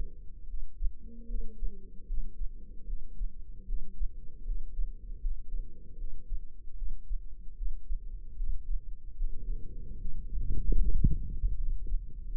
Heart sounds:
heart sounds by microphone in the left ear; 76 bpm
0.45 s: heartbeat
1.26 s: heartbeat
2.05 s: heartbeat
2.84 s: heartbeat
3.64 s: heartbeat
4.43 s: heartbeat
5.19 s: heartbeat
5.95 s: heartbeat
6.73 s: heartbeat
7.53 s: heartbeat
8.35 s: heartbeat
9.15 s: heartbeat
9.96 s: heartbeat
10.77 s: heartbeat
11.55 s: heartbeat
12.27 s: heartbeat
From the record:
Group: healthy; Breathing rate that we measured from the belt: 18 breaths a minute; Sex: female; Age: 32 years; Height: 172 cm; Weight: 71.7 kg

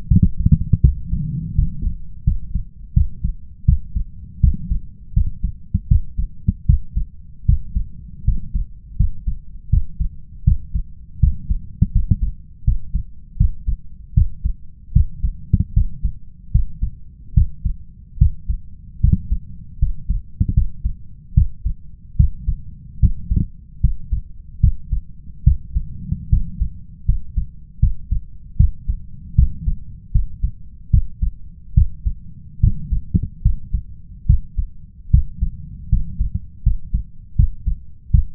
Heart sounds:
heart sounds by stethoscope; 77 bpm
0.07 s: heartbeat
0.80 s: heartbeat
1.55 s: heartbeat
2.23 s: heartbeat
2.93 s: heartbeat
3.65 s: heartbeat
4.40 s: heartbeat
5.13 s: heartbeat
5.87 s: heartbeat
6.65 s: heartbeat
7.45 s: heartbeat
8.24 s: heartbeat
8.96 s: heartbeat
9.69 s: heartbeat
10.43 s: heartbeat
11.19 s: heartbeat
11.91 s: heartbeat
12.64 s: heartbeat
13.36 s: heartbeat
14.13 s: heartbeat
14.92 s: heartbeat
15.73 s: heartbeat
16.51 s: heartbeat
17.33 s: heartbeat
18.17 s: heartbeat
19.00 s: heartbeat
19.78 s: heartbeat
20.53 s: heartbeat
21.33 s: heartbeat
22.16 s: heartbeat
22.99 s: heartbeat
23.80 s: heartbeat
24.60 s: heartbeat
25.43 s: heartbeat
26.29 s: heartbeat
27.05 s: heartbeat
27.79 s: heartbeat
28.56 s: heartbeat
29.35 s: heartbeat
30.11 s: heartbeat
30.90 s: heartbeat
31.74 s: heartbeat
32.60 s: heartbeat
33.41 s: heartbeat
34.26 s: heartbeat
35.10 s: heartbeat
35.88 s: heartbeat
36.62 s: heartbeat
37.35 s: heartbeat
38.10 s: heartbeat
From the record:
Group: healthy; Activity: rest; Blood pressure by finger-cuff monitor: 122/69 mmHg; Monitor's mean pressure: 88 mmHg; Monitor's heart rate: 77 bpm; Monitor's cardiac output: 7.2 L/min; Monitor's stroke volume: 94 mL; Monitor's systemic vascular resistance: 870 dyn s/cm5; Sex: male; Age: 21 years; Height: 180 cm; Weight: 67.5 kg

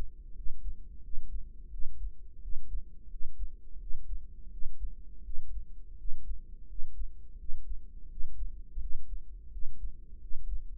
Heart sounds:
heart sounds by microphone in the right ear; 85 bpm
0.37 s: heartbeat
1.04 s: heartbeat
1.72 s: heartbeat
2.43 s: heartbeat
3.12 s: heartbeat
3.81 s: heartbeat
4.52 s: heartbeat
5.25 s: heartbeat
5.99 s: heartbeat
6.70 s: heartbeat
7.40 s: heartbeat
8.11 s: heartbeat
8.81 s: heartbeat
9.53 s: heartbeat
10.22 s: heartbeat
From the record:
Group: healthy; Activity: rest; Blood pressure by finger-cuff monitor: 142/88 mmHg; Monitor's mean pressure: 106 mmHg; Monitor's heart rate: 85 bpm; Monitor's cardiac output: 7.1 L/min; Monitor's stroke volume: 83 mL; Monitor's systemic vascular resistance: 1110 dyn s/cm5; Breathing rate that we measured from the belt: 17 breaths a minute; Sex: male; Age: 21 years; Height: 175 cm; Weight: 72.6 kg

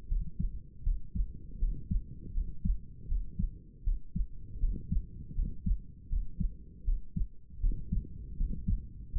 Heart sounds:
heart sounds by stethoscope; 80 bpm
0.07 s: heartbeat
0.83 s: heartbeat
1.58 s: heartbeat
2.33 s: heartbeat
3.07 s: heartbeat
3.83 s: heartbeat
4.59 s: heartbeat
5.34 s: heartbeat
6.08 s: heartbeat
6.84 s: heartbeat
7.60 s: heartbeat
8.36 s: heartbeat
9.11 s: heartbeat
From the record:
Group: healthy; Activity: rest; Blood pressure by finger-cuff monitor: 116/80 mmHg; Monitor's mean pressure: 87 mmHg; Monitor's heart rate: 79 bpm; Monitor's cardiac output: 6.5 L/min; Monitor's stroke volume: 82 mL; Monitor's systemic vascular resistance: 980 dyn s/cm5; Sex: male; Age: 35 years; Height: 180 cm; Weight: 86.9 kg

